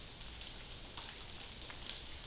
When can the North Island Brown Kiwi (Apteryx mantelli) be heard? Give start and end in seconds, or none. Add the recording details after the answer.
none. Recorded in New Zealand on 12 June 2014. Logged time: 02:19